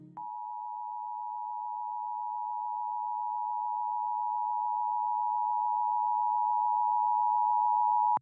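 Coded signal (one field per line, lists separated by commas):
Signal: Emergency Alert System (SAME) tones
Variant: 853 and 960 Hz attention tone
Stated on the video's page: Fictional EAS scenario depicting a severe weather outbreak in central Alabama.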